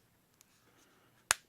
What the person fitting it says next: It just clicks into place.